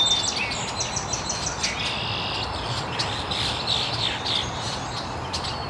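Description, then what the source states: Birds chirping, blurred overlapping twitters and a few thin whistles, with steady background hiss. Birds chirping very early in the morning in an estuary.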